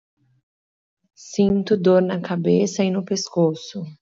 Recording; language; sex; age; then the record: short text; Brazilian Portuguese; female; 30 to 39 years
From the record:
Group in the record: control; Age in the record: 33 years